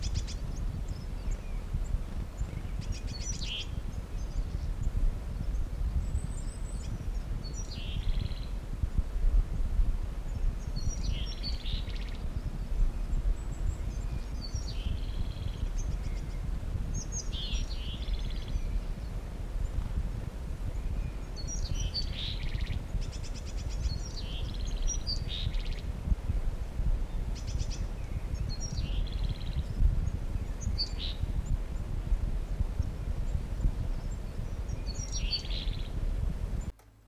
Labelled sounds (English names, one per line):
Willow Tit